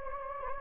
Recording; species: mosquito wingbeat signal from an infrared sensor; Anopheles gambiae